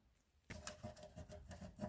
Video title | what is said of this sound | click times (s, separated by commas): I Swapped a TURBO Engine In My Ford FOCUS! | It won't click on. That's not going to reach. | none